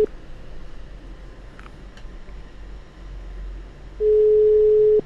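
A telephone ringing tone as an outgoing call is placed: a steady, mid-pitched electronic beep that sounds briefly at the start, then a louder one-second tone near the end, with a low line hiss between.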